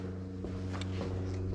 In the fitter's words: both sides are locked into place